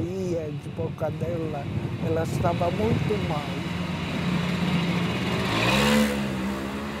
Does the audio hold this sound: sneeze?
no